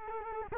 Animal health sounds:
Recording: mosquito wingbeat signal from an infrared sensor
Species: Culex quinquefasciatus

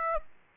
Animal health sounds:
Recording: mosquito wingbeat signal from an infrared sensor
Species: Aedes aegypti

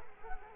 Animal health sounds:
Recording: mosquito wingbeat signal from an infrared sensor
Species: Culex quinquefasciatus

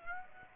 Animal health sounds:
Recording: mosquito wingbeat signal from an infrared sensor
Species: Aedes aegypti

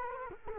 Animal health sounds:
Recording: mosquito wingbeat signal from an infrared sensor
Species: Culex quinquefasciatus

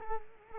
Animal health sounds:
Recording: mosquito wingbeat signal from an infrared sensor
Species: Culex quinquefasciatus

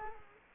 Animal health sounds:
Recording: mosquito wingbeat signal from an infrared sensor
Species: Culex quinquefasciatus

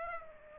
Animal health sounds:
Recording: mosquito wingbeat signal from an infrared sensor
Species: Aedes aegypti

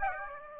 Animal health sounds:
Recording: mosquito wingbeat signal from an infrared sensor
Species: Aedes aegypti

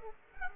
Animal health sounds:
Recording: mosquito wingbeat signal from an infrared sensor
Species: Aedes aegypti

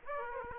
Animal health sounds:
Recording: mosquito wingbeat signal from an infrared sensor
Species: Aedes aegypti

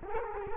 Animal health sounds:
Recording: mosquito wingbeat signal from an infrared sensor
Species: Culex quinquefasciatus

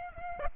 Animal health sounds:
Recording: mosquito wingbeat signal from an infrared sensor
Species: Aedes albopictus

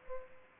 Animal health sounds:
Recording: mosquito wingbeat signal from an infrared sensor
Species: Culex pipiens

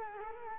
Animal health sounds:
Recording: mosquito wingbeat signal from an infrared sensor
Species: Culex quinquefasciatus

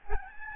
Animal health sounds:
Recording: mosquito wingbeat signal from an infrared sensor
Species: Aedes albopictus

